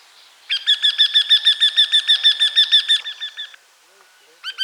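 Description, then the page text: Eurasian wryneck singing a steady series of many loud, nasal 'kyee' notes at an even pace, then a brief pause before the series starts again. "Eurasian Wryneck Song. Quick Sounds"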